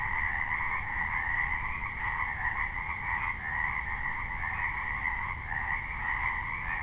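Dense frog chorus, continuous overlapping croaks with small rhythmic pulses in the upper tones, and a persistent low rumble beneath.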